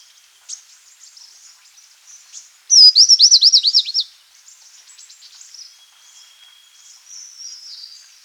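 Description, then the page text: Rufous-winged fulvetta soft high calls, then a loud burst of rapid wavering high notes lasting about a second, followed by quieter chattering calls. Calls and song. "Rufous-Winged Fulvetta Calls and Song. Quick Sounds"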